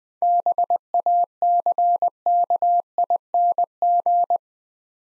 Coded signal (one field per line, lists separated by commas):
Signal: Morse code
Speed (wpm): 20 wpm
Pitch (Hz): 700 Hz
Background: none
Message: BACKING